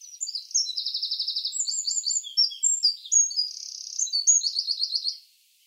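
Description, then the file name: Eurasian wren singing an energetic, high-pitched run of notes: a fast rattle, scattered sharp chirps, a dry buzzy trill, then a closing burst of rapid trilled notes. "Troglodytes troglodytes"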